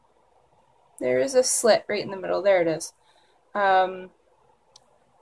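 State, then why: Seated. Bent chain-nose pliers tighten a metal jump ring at its slit, pressing the ring's ends closed together. Someone talks from about 1.0 to 4.1 s, then a brief, faint, sharp click comes at 4.8 s in the otherwise quiet end of the clip. The jump ring clicks closed and is seated.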